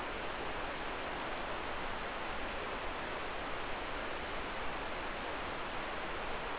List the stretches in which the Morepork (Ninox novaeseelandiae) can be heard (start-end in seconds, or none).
none